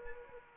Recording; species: mosquito wingbeat signal from an infrared sensor; Aedes aegypti